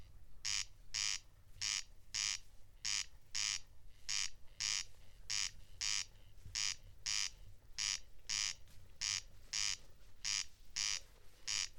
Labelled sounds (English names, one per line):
Corn Crake song